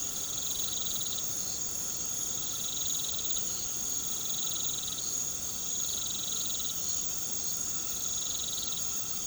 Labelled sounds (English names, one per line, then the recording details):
none
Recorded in pastures near Puerto Asís, Putumayo, Colombia, on 13 March 2025 at 20:00
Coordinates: 0.486, -76.323
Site G075